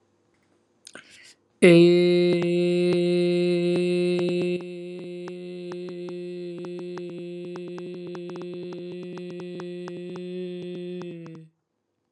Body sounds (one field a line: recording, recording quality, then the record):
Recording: sustained vowel as in made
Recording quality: excellent, no background noise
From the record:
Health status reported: healthy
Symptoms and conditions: none ticked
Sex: male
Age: 28 years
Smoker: not ticked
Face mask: not worn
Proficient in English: yes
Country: India